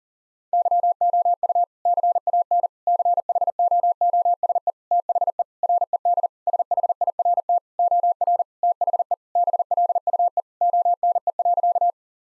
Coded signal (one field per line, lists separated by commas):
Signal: Morse code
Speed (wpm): 40 wpm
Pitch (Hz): 700 Hz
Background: none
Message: YOU CAN CHOOSE THE RED SHIRT OR THE BLUE ONE.